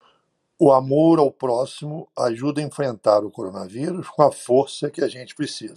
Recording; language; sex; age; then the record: spoken sentence; Brazilian Portuguese; male; 60 to 69 years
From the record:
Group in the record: control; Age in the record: 66 years